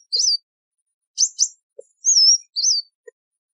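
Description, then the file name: Sunbird calls: a warbled high note, a pair of quick buzzy chips, then a sliding whistle and another wavering note, with faint low clicks between. "Tieng chim hut mat"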